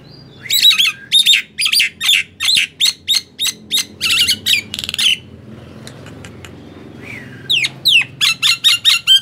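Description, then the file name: Nias hill myna giving a steady series of loud harsh squawks and whistles, a quieter stretch in the middle, then the rhythmic notes resume. "suara jalak nias"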